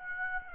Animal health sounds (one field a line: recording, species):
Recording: mosquito wingbeat signal from an infrared sensor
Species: Aedes aegypti